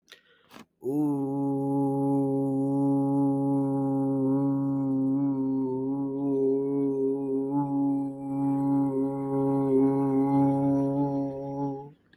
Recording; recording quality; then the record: sustained vowel as in boot; excellent, no background noise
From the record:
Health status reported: COVID-19 positive, mild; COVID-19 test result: positive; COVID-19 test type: RT-PCR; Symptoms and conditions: cough, sore throat, fatigue, muscle pain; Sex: male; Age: 25 years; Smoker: no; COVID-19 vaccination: both doses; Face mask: not worn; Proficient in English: yes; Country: India